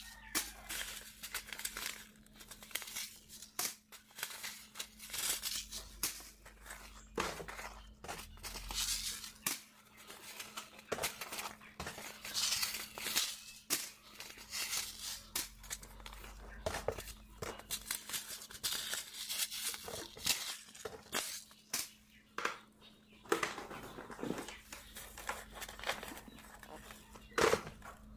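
Someone sorts packets of seeds, with a steady run of papery rustles, crinkles and light taps, some quick clusters and a few sharper clicks near the end. A constant low hum runs underneath, with a soft rumble over the first nine seconds.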